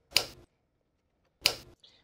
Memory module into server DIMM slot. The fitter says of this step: those two clicks are the tabs physically locking into the side